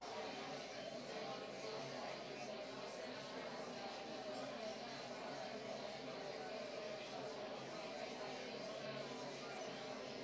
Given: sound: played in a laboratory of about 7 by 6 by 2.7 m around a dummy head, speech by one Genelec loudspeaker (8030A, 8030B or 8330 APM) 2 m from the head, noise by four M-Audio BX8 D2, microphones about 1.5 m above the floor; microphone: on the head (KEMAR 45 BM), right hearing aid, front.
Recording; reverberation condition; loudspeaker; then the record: babble noise; medium; four, about 170 cm from the corners of the room and facing them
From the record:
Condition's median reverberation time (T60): about 510 ms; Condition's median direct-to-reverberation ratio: about -0.5 dB